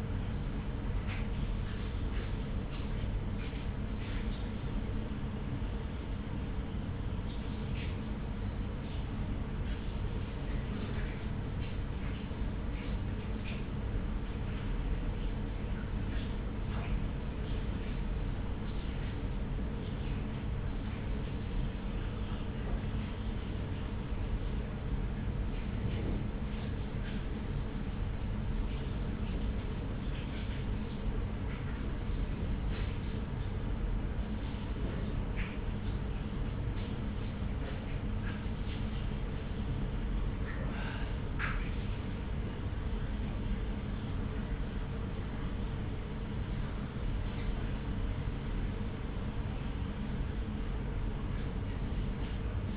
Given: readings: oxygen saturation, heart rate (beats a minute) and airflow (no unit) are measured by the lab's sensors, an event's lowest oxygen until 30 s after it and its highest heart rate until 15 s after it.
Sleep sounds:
a person awake in a sleep study, by a smartphone at the bedside; none
0.00-52.77 s: awake
0.00-52.77 s: awake
From the record:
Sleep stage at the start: awake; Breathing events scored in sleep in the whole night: 210 in 6.9 hours asleep

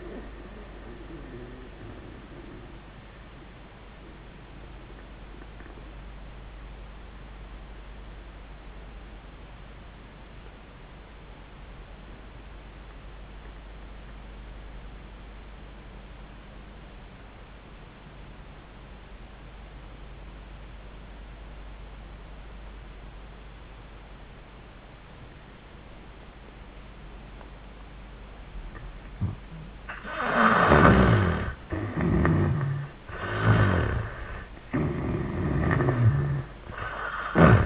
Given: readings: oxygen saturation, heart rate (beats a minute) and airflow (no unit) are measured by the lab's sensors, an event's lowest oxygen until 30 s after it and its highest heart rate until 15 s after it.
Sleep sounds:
breathing in sleep by a voice recorder at the bedside; 1
5.00-30.20 s: obstructive apnea (N1, oxygen 98% highest, then 79% lowest, heart rate 78 at the start, 93 highest)
From the record:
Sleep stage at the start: N1 (lightest sleep); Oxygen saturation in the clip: 81 to 98%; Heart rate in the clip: 77 to 93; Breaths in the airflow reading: 3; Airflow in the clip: -13.6 to 7.0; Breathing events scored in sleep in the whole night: 400 in 8.7 hours asleep

